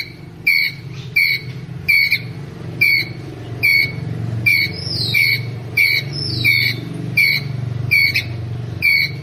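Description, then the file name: Ground squirrel uttering sharp chirps about every 0.7 seconds, set against a low rumble. Ground squirrel calling its group. "Tieng soc dat goi bay"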